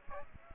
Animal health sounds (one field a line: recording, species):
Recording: mosquito wingbeat signal from an infrared sensor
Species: Aedes aegypti